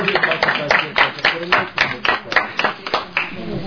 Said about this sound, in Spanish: Un aplauso para nuestro amigo.